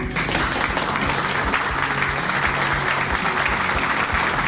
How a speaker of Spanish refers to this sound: Estamos ya inaugurando un nuevo mes, el de noviembre, y no quería yo empezar esta edición de 80s sin antes darle un fuerte aplauso al mes de octubre. Yo quiero que le demos entre todos unas palmitas buenas, tales como así.